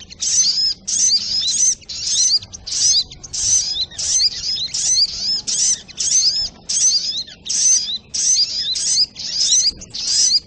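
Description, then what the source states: Sogok ontong song: a steady run of about fifteen short, shrill twittering phrases, each packed with fast rising and falling notes, repeated at a brisk pace. Masteran (training recording for cage birds), Labaik variant.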